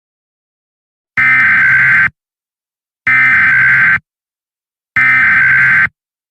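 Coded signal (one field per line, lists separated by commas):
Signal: Emergency Alert System (SAME) tones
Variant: header bursts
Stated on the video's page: Fictional EAS scenario using real EAS alert sounds.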